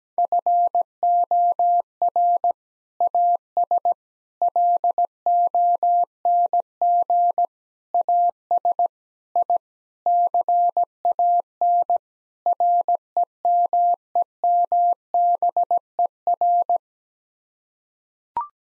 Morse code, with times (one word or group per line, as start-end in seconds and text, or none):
0.2-2.5 FOR
3.0-3.9 AS
4.4-7.5 LONG
7.9-8.9 AS
9.4-9.6 I
10.1-12.0 CAN
12.5-16.8 REMEMBER